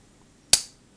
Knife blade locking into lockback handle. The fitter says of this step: nice click when it goes into place it's fairly large